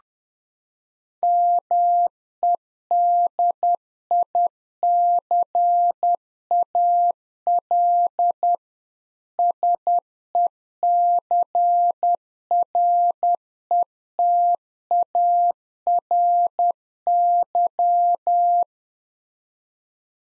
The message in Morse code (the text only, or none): MEDICAL SECRETARY